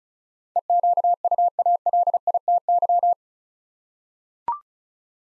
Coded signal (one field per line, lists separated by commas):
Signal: Morse code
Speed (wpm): 34 wpm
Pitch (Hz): 700 Hz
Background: none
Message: EQUALITY